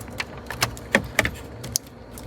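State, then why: Seated. A plastic wiring harness connector, once lined up, is pushed onto the ignition switch of a Fox Body Mustang. Several small handling clicks and knocks come at about 0.2, 0.6, 1.0 and 1.2 seconds, then a short, sharp click at 1.8 seconds. The connector seats there and is held by its retaining clip.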